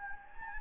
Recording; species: mosquito wingbeat signal from an infrared sensor; Anopheles gambiae